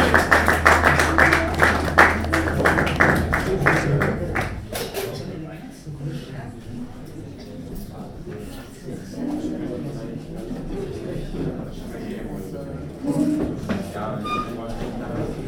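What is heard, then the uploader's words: People move about a space, with loud overlapping voices and clattering taps in the first few seconds over a steady low hum. After about five seconds the crowd thins to quieter scattered talk and footsteps, with a brief louder burst near thirteen seconds. The band is through. Randomly disbursed bodies recalibrate to the space and activities around them. The acquainted clusters trade looks and examine the antiquated walls and drab decor of this dully-lit store front in Neukölln.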